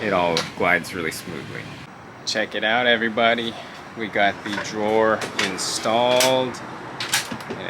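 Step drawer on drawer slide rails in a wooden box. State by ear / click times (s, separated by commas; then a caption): seated / 7.0 s, 7.1 s. Someone talks while a 48-inch step drawer is slid shut on its drawer slide rails in a wooden box. Two sharp clicks at 7.0 s and 7.1 s mark the slide lock engaging, and the drawer locks into place.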